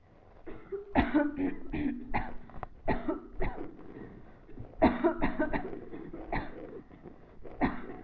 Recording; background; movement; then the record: voluntary coughing; a bystander coughing; sitting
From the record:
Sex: female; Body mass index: 22.6 kg/m2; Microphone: on the chest, facing the body